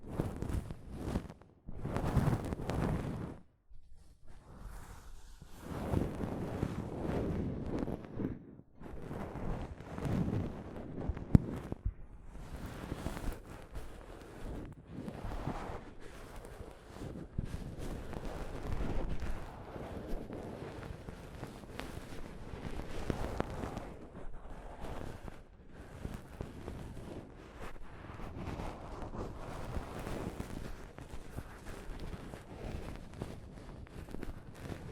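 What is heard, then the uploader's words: Soft fabric brushes over a microphone in a dense, rumbling rustle that mostly sits low and swells and fades without a steady pattern. Brief gaps break it near four and seven seconds, and one sharp tap lands around eleven seconds. ASMR Mic Brushing using Soft Fabric (No Talking).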